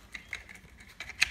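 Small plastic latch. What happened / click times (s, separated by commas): The plate clicked into its mount / 1.2 s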